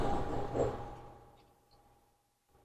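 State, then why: Not seated. A plastic electrical connector is handled near the ignition coil during a spark plug and ignition coil job on a 2021 Mercedes GLB250 Turbo being serviced for a misfire. Broadband handling noise is loudest in the first second, then fades toward near-quiet, with a faint low hum and a small bump at the very end. Nothing has seated or clicked yet.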